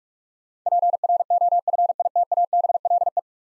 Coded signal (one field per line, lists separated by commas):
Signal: Morse code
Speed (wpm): 46 wpm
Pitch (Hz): 700 Hz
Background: none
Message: PROFITABLE